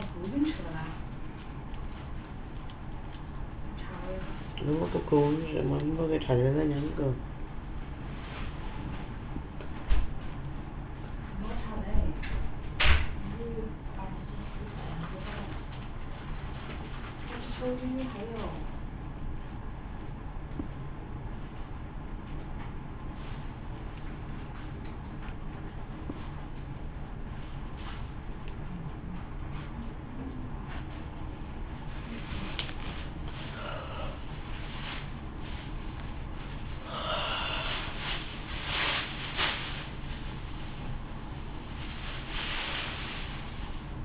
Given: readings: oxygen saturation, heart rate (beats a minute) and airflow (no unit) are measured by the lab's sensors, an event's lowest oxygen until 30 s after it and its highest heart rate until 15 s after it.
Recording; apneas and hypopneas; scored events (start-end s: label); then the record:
a person awake in a sleep study, by a smartphone at the bedside; none
0.00-44.05 s: awake
0.00-44.05 s: awake
From the record:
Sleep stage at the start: awake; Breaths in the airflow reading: 15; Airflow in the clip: -0.7 to 1.1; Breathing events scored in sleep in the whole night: 328 in 6.3 hours asleep